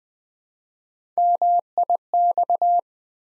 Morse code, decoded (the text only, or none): MIX